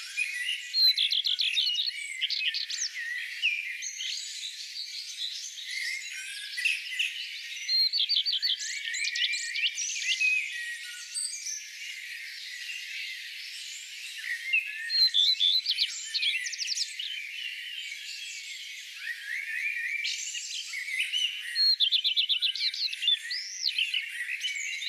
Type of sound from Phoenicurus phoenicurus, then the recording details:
song. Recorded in the wild. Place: Flögelner See, Schleswig-Holstein, DE. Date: 2004-05-05. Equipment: MiniDisc Sharp MT 20 H, Telinga DAT, Telinga-Parabolspiegel. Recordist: Schwarz, Dieter